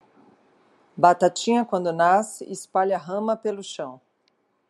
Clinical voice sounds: short text; Brazilian Portuguese; female; 40 to 49 years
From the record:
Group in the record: control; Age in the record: 47 years

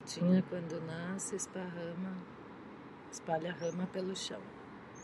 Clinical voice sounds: short text; Brazilian Portuguese; female; 30 to 39 years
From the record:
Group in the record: control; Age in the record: 39 years

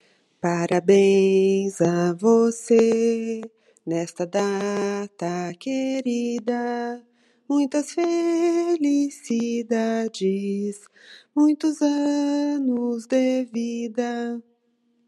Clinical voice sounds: short text; Brazilian Portuguese; female; 40 to 49 years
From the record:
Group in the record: control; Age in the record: 47 years

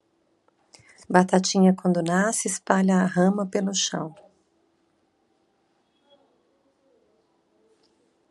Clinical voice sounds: short text; Brazilian Portuguese; female; 50 to 59 years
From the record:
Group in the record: control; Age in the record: 55 years

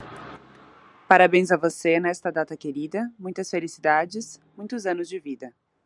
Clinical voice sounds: short text; Brazilian Portuguese; female; 20 to 29 years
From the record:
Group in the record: control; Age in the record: 29 years

